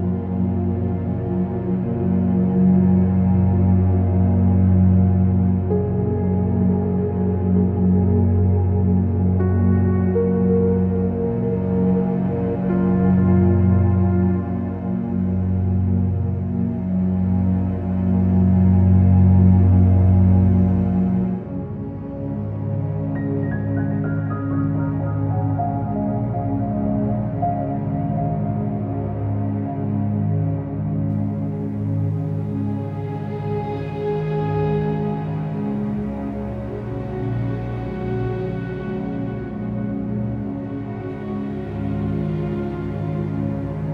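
Soft standup piano plays sustained, overlapping low chords that ring and blend for the first twenty seconds. Around 21 seconds the sound drops slightly quieter and thinner. Gentler mid-range notes follow, with a few brighter swells near 34 and 38 seconds.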